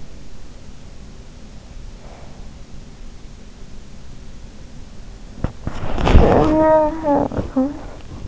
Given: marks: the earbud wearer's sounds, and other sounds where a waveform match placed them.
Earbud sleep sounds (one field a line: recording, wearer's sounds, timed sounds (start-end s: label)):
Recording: sounds in sleep by an in-ear microphone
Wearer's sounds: body movement, talking in sleep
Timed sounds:
5.09-6.17 s: body movement
5.96-8.28 s: talking in sleep